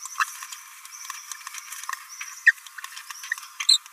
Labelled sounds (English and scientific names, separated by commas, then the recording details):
Green-rumped Parrotlet (Forpus passerinus) babbling
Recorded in a nest box in Venezuela
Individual 18B17A3